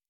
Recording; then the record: hydrophone in a shrimp aquaculture tank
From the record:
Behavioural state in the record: normal